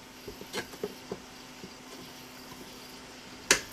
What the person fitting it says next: There we go. So it should be in place. You already heard the click.